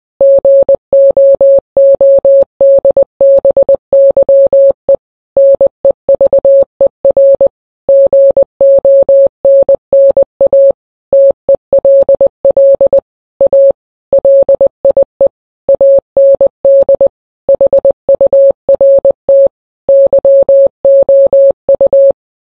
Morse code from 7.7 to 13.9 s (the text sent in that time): GONNA TELL A